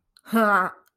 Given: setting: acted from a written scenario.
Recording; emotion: vocal sound without words; interest